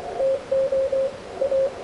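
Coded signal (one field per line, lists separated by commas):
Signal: Morse code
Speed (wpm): 23 wpm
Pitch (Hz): 540 Hz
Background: radio noise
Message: TO A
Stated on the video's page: Restored 1940s tube ham transmitter with 6AG7 oscillator and 6L6 tubes, heard on the 80 meter CW band on an Icom 746PRO with a dipole antenna.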